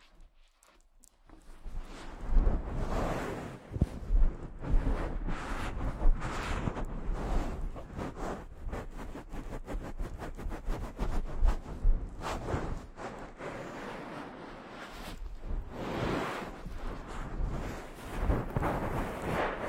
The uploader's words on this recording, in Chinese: 疗愈SPA！头部调理，深度放松。